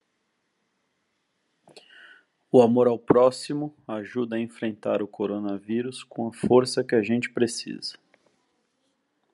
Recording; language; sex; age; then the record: spoken sentence; Brazilian Portuguese; male; 40 to 49 years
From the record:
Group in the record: control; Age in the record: 40 years